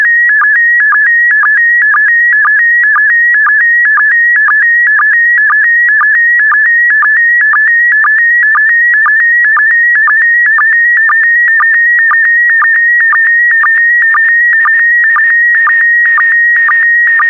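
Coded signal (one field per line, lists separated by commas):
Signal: SSTV (slow-scan television)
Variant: PD120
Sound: steady warbling high tone with rhythmic low chirps about twice a second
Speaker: the next image transmission will start in 10 seconds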